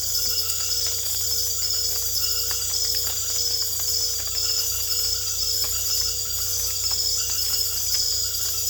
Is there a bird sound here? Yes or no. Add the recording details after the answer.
no. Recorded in secondary vegetation near Puerto Asís, Putumayo, Colombia, on 22 December 2024 at 20:00. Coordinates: 0.488, -76.319. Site GP04